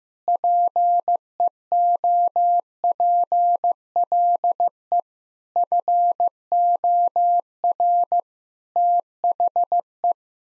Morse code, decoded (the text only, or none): PEOPLE FOR THE